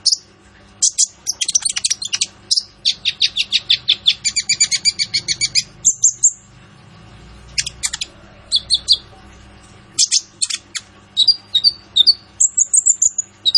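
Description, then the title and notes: Sunbird song of dense buzzy trills and rapid high chips, a pause, then scattered sharp notes and thin whistled squeaks. Training song for cage birds, sung vigorously with varied fills and sharp 'shot' phrases; suited as a lure. "Suara Burung Kolibri Ninja Gacor"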